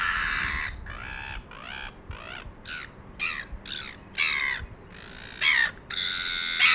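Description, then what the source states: Gull calls: harsh, repeated squawks with layered harmonics, some rising then falling, in quick succession over a low background rumble. By the sea at Port Chalmers, 2018.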